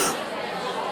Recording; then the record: coughing mixed with background sound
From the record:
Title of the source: 34 coughing up crap again